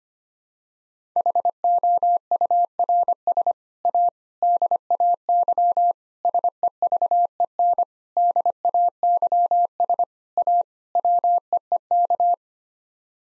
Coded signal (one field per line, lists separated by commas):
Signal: Morse code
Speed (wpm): 25 wpm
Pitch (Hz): 700 Hz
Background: none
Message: HOURS A DAY SEVEN DAYS A WEEK